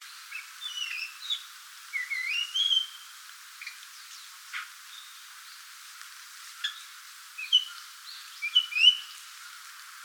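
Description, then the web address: Japanese grosbeak giving slurred whistled notes, rising and falling, scattered throughout. "birdenaga ikaru"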